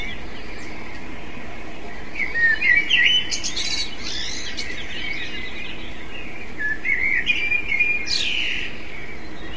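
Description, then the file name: Eurasian blackbird gives two fluted, wandering phrases, each closing with a shrill, squeaky flourish, separated by several seconds of quiet, low background noise. "merle"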